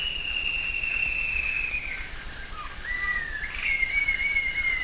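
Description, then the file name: Bird calls: long, gently falling whistles, a short low note and an upswept whistle that levels off, against a continuous shrill high tone. "SABIOD 50 bird 2015"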